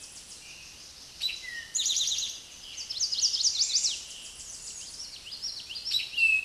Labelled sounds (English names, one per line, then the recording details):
Eastern Towhee song
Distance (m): 5 m
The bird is about 5 m above the microphone
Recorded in a Pennsylvania forest on 16 May 2024 at 06:01
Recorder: AudioMoth, point MSD-2166
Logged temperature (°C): 16.3 °C
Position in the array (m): 106 m, 7 m